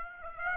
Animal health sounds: mosquito wingbeat signal from an infrared sensor; Aedes aegypti

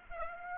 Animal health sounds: mosquito wingbeat signal from an infrared sensor; Aedes aegypti

